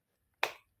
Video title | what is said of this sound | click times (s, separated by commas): รีวิวปลั๊กไฟ bll b58 | นี่มันจะดังแก๊กแล้วคุณลองขยับเขยื้อนดูเฮ้ยมันจะแน่น | 0.4 s